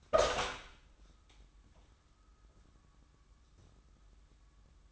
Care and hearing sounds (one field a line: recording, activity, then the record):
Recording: daily activity, microphone in the room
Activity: open door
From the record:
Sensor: 3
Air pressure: 994.3 hPa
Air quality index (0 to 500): 206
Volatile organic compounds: 1000 ppm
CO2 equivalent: 6885 ppm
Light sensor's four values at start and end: 113/268/110/104 and 116/275/113/107